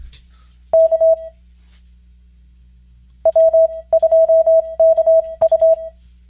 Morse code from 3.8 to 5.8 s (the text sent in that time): 2 K U